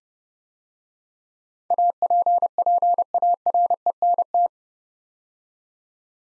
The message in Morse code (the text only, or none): APPARENT